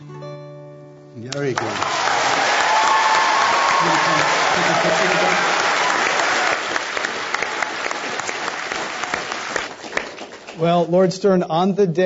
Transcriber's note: applause